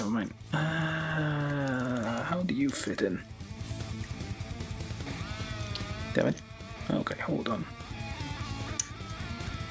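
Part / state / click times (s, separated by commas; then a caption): plastic model kit part pressed into the leg/foot assembly / seated / 8.8 s. Someone talks over background music while pressing a plastic part into the leg/foot assembly of a Bandai 1/144 HG NZ-666 Kshatriya model kit, after struggling to get it to fit. A sharp click at 8.8 s marks the part snapping into place and seating, with the pieces overlapping and locking together.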